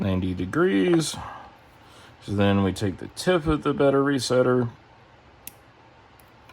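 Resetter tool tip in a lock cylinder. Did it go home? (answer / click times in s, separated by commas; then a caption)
yes / 5.5 s. Someone talks, then pushes the tip of a metal resetter tool into a lock cylinder to reset the lock so a new key can be put in and turned. A sharp click is heard at 5.5 seconds as the tool seats in the cylinder, followed by fainter ticks near the end.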